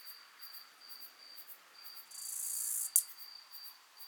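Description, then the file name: Acrometopa servillea bush-cricket song: a loud, hissing high-pitched buzz of under a second that ends in one sharp click, over faint rhythmic chirping and a steady thin whine. Subspecies italica, recorded at Alberobello, Puglia, Italy, on 9 July 2000 at 20 °C. "Acrometopa servillea italica 1 Alberobello Puglia IT 20000709 20 °C Odé"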